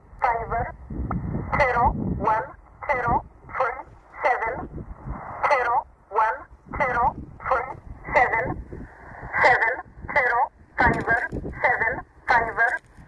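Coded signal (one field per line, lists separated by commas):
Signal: numbers station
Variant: E11 Oblique, English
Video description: 13363 kHz USB - E11 'Oblique' Numbers Station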